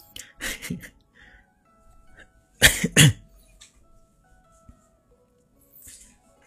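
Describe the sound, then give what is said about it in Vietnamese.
A person coughs: a rough, throaty cough first, then after a pause two sharp, loud hacking coughs in quick succession, followed by quiet breathing and faint rustling. “Mình tắt tiếng để mình ho.”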